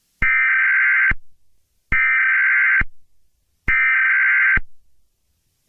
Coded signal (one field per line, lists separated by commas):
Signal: Emergency Alert System (SAME) tones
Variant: header bursts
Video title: EAS Scenario 17: Purple Minions Attack